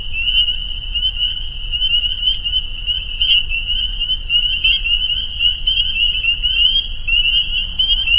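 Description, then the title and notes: Spring peepers in a dense chorus, countless high peeps overlapping into a steady shrill wall of sound, with a low rumble underneath. Chorus at a pond on private property in northern Vermont, recorded as a soundscape. "Peepers. a soundscape recorded at the peeper pond on our friends' property in northern Vermont"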